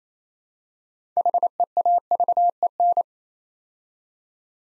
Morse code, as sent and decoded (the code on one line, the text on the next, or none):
.... . .- ...- . -.
HEAVEN